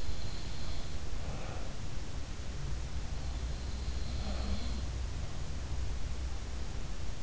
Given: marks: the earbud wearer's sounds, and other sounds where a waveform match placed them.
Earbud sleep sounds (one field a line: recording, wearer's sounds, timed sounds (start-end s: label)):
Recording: sounds in sleep by an in-ear microphone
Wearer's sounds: breath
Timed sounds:
1.09-1.80 s: breath
4.16-4.92 s: sound from someone else or the room